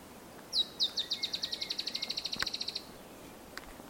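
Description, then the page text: Dusky-tailed Antbird song: a fast run of about twenty high notes, the first two loudest and spaced wider, then quickening into a steady rattle, all over about two seconds. Wild adult male; Misiones, Argentina, 10 July 2015. "Tiluchi Estriado (Drymophila malura). Diego Oscar"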